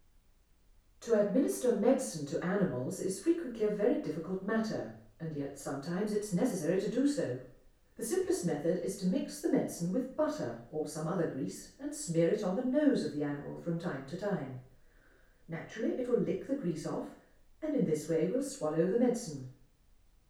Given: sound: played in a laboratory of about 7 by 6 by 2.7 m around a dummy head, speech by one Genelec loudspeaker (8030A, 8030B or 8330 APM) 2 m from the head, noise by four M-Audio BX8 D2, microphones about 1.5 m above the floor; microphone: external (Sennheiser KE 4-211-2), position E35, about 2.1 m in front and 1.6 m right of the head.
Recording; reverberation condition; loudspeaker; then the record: female speech in English; medium; 120 degrees to the right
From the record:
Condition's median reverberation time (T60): about 510 ms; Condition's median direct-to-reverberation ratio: about -0.5 dB